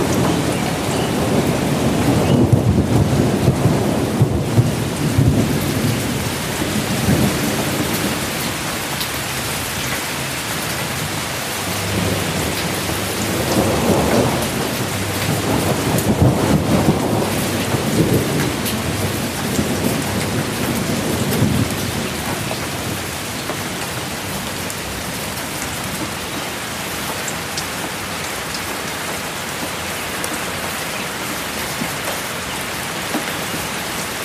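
Steady, dense rain hisses throughout, even. Low rolling thunder rumbles in the first few seconds, swells again around 14 to 17 seconds, and fades into a softer growl later while the rain continues unchanged.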